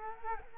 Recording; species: mosquito wingbeat signal from an infrared sensor; Culex quinquefasciatus